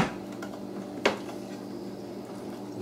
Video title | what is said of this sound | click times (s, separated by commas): Unboxing Rigid Oscillating Edge Belt Spindle Sander Part 2 | slide that down until it locks in place | 0.4 s, 1.1 s